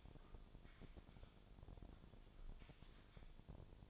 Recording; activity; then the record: daily activity, microphone in the room; typing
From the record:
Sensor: 5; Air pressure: 1009.6 hPa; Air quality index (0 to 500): 168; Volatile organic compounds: 4 ppm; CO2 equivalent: 1629 ppm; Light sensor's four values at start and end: 105/276/113/120 and 105/276/113/120